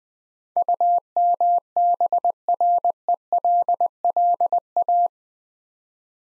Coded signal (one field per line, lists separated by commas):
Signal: Morse code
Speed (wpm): 22 wpm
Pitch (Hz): 700 Hz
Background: none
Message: UMBRELLA